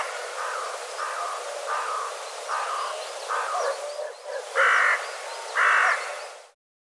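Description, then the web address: Bird calling in a run of harsh, hoarse notes roughly once a second, ending with two louder rasping caws, over steady background hiss. "cianscape birddata"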